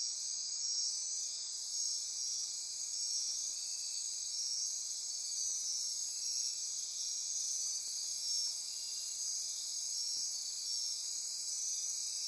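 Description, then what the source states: Insects in a continuous chorus of high shrilling trills and buzzes, steady and unbroken. Insect chorus recorded at midnight near Corcovado.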